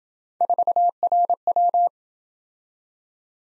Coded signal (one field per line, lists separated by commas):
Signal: Morse code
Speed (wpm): 23 wpm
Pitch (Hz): 700 Hz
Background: none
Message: 4RW